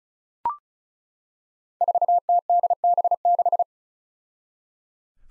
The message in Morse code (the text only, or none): 4TDB6